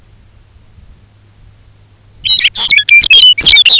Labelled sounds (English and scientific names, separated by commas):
Lapland Longspur (Calcarius lapponicus)